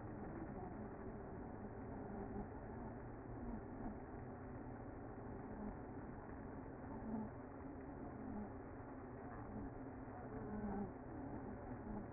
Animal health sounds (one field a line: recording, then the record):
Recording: honeybee colony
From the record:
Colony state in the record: active